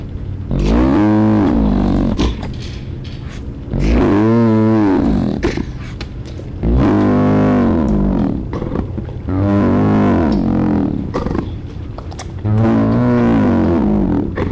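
Hyena cub repeating arched, harmonic whining calls, five in all, about every three seconds, over low background rumble.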